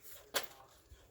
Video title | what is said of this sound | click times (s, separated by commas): ACG WAH Setup V3 | easier if you take the stand and lock it in like that make | 0.4 s